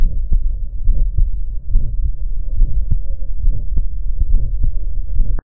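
Low, muffled heartbeats come at roughly 70 a minute, with a continuous low whooshing filling the gaps between beats. This is a heart murmur, an extra sound made by turbulent blood flow through the heart.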